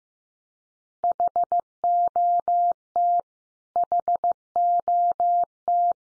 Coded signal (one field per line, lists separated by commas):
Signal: Morse code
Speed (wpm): 15 wpm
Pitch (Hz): 700 Hz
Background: none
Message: HOT HOT